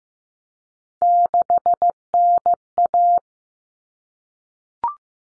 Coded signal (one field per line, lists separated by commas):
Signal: Morse code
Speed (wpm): 15 wpm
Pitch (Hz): 700 Hz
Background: none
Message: 6NA